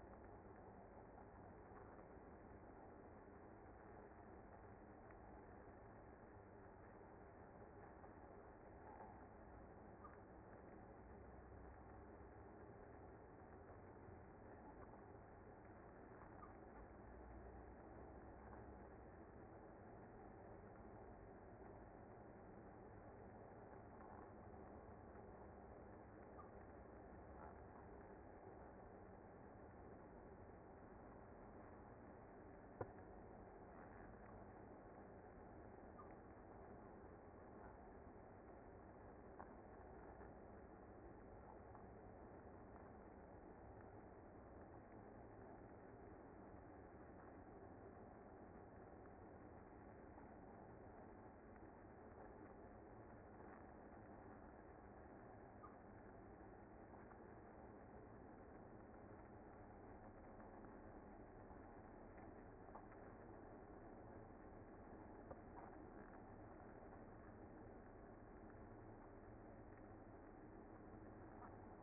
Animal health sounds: honeybee colony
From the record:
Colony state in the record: active

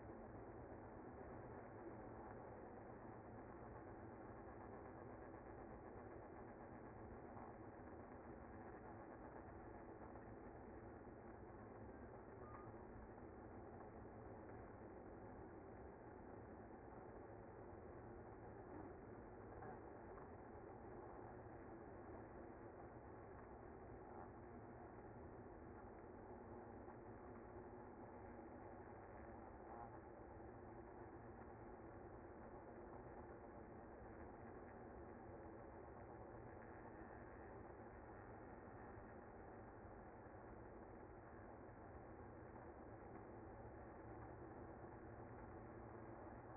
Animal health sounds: honeybee colony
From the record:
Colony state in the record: active

